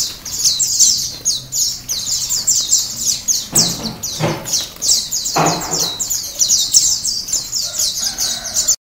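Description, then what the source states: White-eye song: a rapid, unbroken stream of high, sharp chirps and twitters, with a few low thuds partway through. Ombyokan song style; recording used as a training song (masteran).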